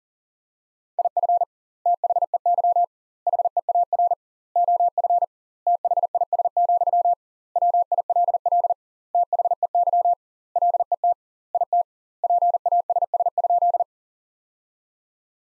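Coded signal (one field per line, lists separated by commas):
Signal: Morse code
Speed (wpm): 40 wpm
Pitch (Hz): 700 Hz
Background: none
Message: IF THEY HEAR OF THIS, WILL THEY LET IT PASS?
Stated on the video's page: Morse practice sentences from the top 400 words at 40 wpm with twice the standard word spacing, a Farnsworth-like method applied to words.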